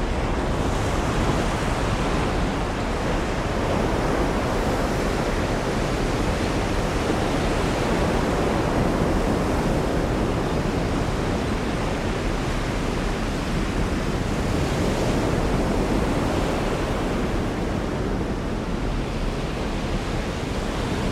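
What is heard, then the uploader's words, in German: Stormy waves on a rocky coast roar in a dense, unbroken wash that fills the low and middle range. The sound holds steady and loud for the whole stretch, with slow swells in the surge around the middle and near the end, and wind mixed in. Stürmische Wellen an der Amalfiküste. Die unbändige Symphonie des Mittelmeers bei stürmischem Wetter. Die Aufnahmen wurden während eines kürzlichen Sturms in Marina Grande gemacht.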